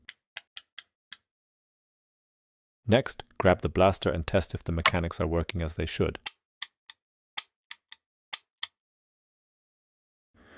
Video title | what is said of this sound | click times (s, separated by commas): Six-Shot Blaster with Compliant Mechanism - 3D Printed | you should hear a little click when they're secure | 0.1 s, 0.4 s, 0.6 s, 0.8 s, 1.1 s